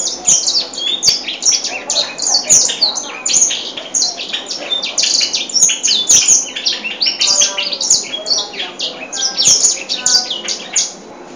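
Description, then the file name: White-rumped seedeater pours out a fast, continuous high-pitched warble of twittering notes, quick trills and sliding whistles without pause. Original song. "edel-sanger-lagu-asli-4-omkicau"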